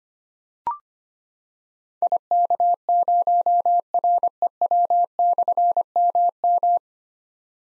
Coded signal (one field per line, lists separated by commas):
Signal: Morse code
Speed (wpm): 25 wpm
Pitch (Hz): 700 Hz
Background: none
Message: IK0REW/MM